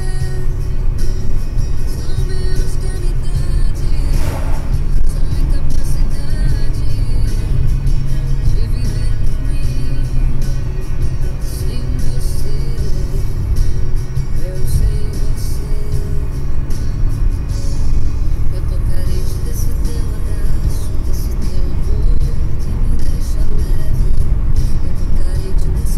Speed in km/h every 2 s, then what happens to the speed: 89, 91, 93, 91, 90, 91, 90, 93, 96, 100, 101, 100, 96.
0-13 steady at about 91. 13-19 speeds up to 101.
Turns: none.